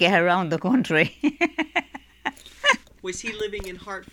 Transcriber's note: she laughs